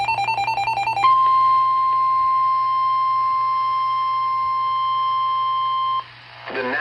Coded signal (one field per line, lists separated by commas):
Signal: Emergency Alert System (SAME) tones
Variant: 1050 Hz attention tone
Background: music